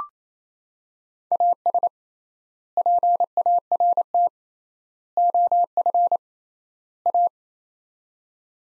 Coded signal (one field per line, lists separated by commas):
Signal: Morse code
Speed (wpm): 28 wpm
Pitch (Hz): 700 Hz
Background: none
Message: AS PART OF A